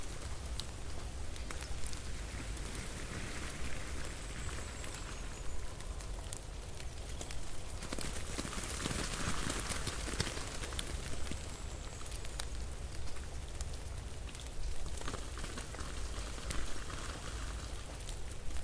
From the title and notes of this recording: Cozy winter ambience for relaxation. Snow falling and melting.